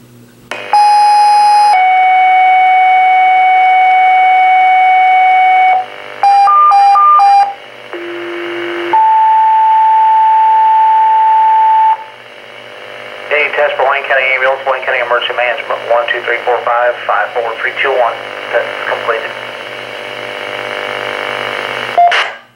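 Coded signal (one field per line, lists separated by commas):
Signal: two-tone page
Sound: long steady tone steps down in pitch, quick warbling beeps, more steady tones, then talking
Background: dispatcher voice over radio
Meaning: Alert tones activating ambulance and EMA pagers for a scheduled test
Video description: This is Our County Wide Ambulance Service and EMA 6:00 Pager Test on my Minitor 3 & 4 and my Vertex Standard Radio.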